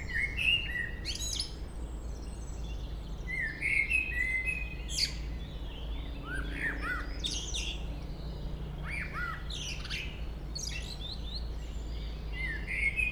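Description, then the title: Common blackbird song: a run of varied fluty phrases mixed with sharp high squeaks and twitters, continuing over a persistent low drone. Local blackbird singing at Chemin des cris, Chindrieux, France. "Chemin des cris, Chindrieux, France - Merle"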